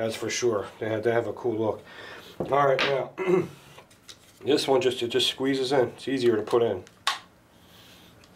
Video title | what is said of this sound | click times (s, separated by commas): AR15 ACCESSORIES | Snaps right in. | 7.1 s